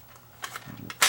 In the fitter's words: Locks in place like that.